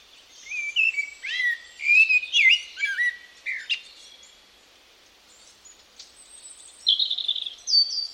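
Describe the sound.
Bird calls: lively whistled and slurred chirps for about four seconds, then a quiet spell and thin, high notes.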